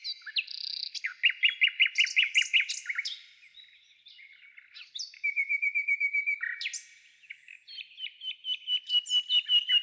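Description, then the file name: Nightingale song: phrases of rapid repeated notes, separated by short pauses. "solovei"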